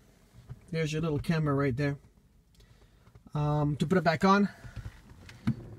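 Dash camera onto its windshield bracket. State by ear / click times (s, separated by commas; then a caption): seated / 5.3 s, 5.5 s. Someone talks while a Garmin Dash Cam 35 is pushed firmly back onto its windshield bracket. Two short sharp clicks follow at 5.3 s and 5.5 s as the camera seats into place and holds on tightly.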